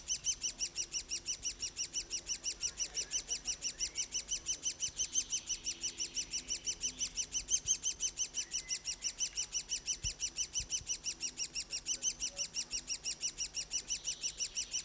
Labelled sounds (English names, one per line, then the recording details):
Great Spotted Woodpecker call
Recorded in the wild
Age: juvenile
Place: Bogensee, Barnim, Brandenburg, DE
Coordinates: 52.7714, 13.5294
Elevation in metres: 60
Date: 2004-05-30 15:40
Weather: sonnig, 21-24°C
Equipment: Sony WM-D6C, Sennheiser ME 80, Kopie Uher 4000 Report Monitor
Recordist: Tembrock, Günter